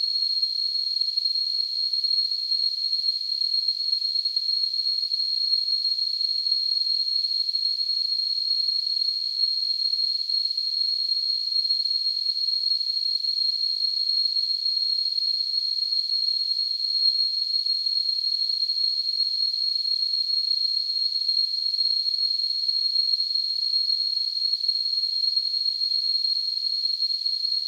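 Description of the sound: Simulated tinnitus: a steady, high-pitched tone near 4 kHz, set in a narrow band of soft hiss, constant and unchanging throughout.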